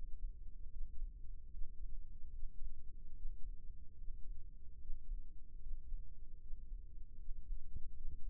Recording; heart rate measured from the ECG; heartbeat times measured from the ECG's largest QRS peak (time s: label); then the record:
heart sounds by microphone in the left ear; 75 bpm
0.72 s: heartbeat
1.52 s: heartbeat
2.33 s: heartbeat
3.16 s: heartbeat
3.99 s: heartbeat
4.81 s: heartbeat
5.62 s: heartbeat
6.41 s: heartbeat
7.19 s: heartbeat
7.95 s: heartbeat
From the record:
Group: healthy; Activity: Valsalva maneuver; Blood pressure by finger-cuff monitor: 99/66 mmHg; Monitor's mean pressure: 74 mmHg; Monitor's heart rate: 74 bpm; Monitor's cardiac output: 6.1 L/min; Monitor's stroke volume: 83 mL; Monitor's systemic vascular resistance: 870 dyn s/cm5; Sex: male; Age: 22 years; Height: 181 cm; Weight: 79 kg